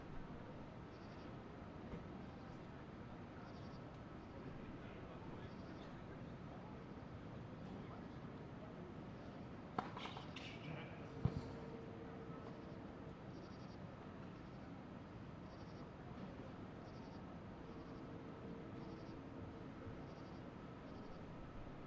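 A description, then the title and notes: Crickets chirp in short, evenly spaced pulses throughout, over a steady low rumble like trains passing in the distance. Around ten to eleven seconds a couple of sharp knocks stand out, likely tennis shots, and faint voices murmur in the background. Night time tennis match. Late at night there's a tennis match. The crickets chirp, trains passby in the disance, people quietly chat, two tennis players compete.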